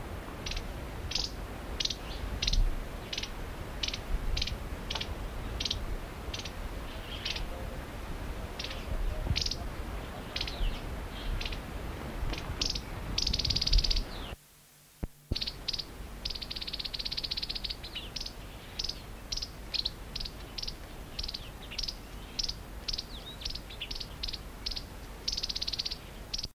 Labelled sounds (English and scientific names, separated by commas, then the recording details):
Long-billed Crombec (Sylvietta rufescens) call
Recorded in the wild
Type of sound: call
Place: Jodhpur, IN
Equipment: Halbspur, 9,5 cm/s
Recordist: Lütgens, Hans
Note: Rufe